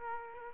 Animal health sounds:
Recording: mosquito wingbeat signal from an infrared sensor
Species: Aedes aegypti

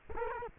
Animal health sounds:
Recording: mosquito wingbeat signal from an infrared sensor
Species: Culex quinquefasciatus

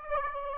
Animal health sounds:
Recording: mosquito wingbeat signal from an infrared sensor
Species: Aedes aegypti

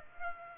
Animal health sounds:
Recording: mosquito wingbeat signal from an infrared sensor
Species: Culex pipiens

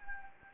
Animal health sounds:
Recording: mosquito wingbeat signal from an infrared sensor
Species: Anopheles gambiae

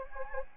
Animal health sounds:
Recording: mosquito wingbeat signal from an infrared sensor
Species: Anopheles gambiae

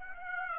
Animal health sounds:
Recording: mosquito wingbeat signal from an infrared sensor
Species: Aedes aegypti

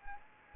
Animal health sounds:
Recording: mosquito wingbeat signal from an infrared sensor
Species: Anopheles gambiae

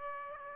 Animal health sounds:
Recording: mosquito wingbeat signal from an infrared sensor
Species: Aedes aegypti

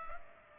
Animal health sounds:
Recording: mosquito wingbeat signal from an infrared sensor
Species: Culex pipiens

